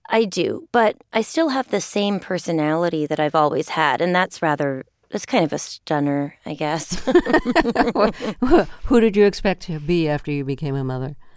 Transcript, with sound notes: But I still have the same personality that I've always had. And that's rather - it's kind of a stunner, I guess.
(LAUGHTER)
Who did you expect to be after you became a mother?